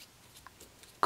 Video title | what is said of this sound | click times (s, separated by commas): Apple Watch 42mm Stainless Steel Milanese Loop Review | into place there we go you just got to slide it in right so now it's clicked into place just like that so | 1.0 s